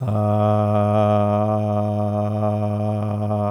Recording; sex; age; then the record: sustained vowel /a/; male; 40 to 49 years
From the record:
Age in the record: 46 years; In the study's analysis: included